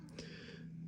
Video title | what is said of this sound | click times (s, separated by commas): Walther PDP Magazine Release Swap | super minimal audible click once it clicks in place you can release it | 0.2 s